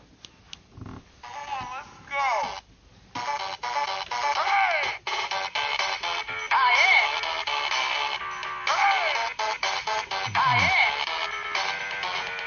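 mobile phone ringtone

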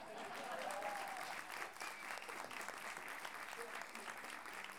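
audience applause

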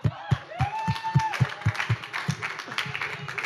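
audience applause

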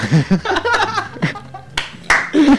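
one person clapping hands

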